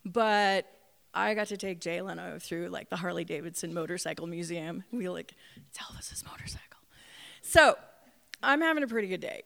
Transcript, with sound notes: but I got to take Jay Leno through like the Harley Davidson Motorcycle Museum. We like [whispered] “tell it’s his motorcycle”. So, I’m having a pretty good day,